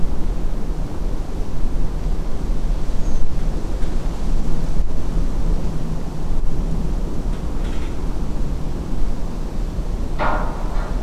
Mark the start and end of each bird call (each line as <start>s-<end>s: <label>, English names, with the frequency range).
3.02s-3.22s: Redwing (6.0-7.1 kHz)